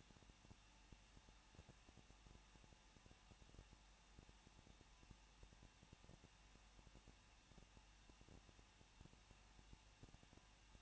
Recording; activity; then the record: daily activity, microphone in the room; no activity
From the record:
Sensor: 1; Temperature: 20.1 degrees Celsius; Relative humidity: 39.0%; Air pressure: 1006.6 hPa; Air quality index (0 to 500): 216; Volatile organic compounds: 71 ppm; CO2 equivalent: 3529 ppm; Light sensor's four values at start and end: 1/2/1/1 and 1/2/1/1